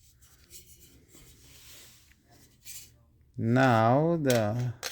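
During the unboxing of a new Star Model Z 70B rifle, a component is handled and positioned to be pushed into the receiver, with faint, quiet rubbing and light taps. Near the end, someone talks. Nothing has seated or clicked into place yet.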